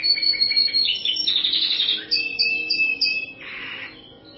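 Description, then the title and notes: Bird chirps, rapid high twittering and buzzy notes packed closely together, then a short harsh burst before fading. "Bird Sound. Kicau Burung Lengkap"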